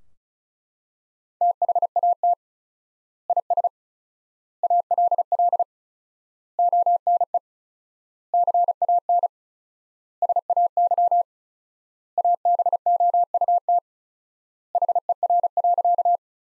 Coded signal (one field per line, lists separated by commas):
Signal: Morse code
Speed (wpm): 34 wpm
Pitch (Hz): 700 Hz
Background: none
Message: THAT IS ALL ONE CAN SAY ABOUT HER.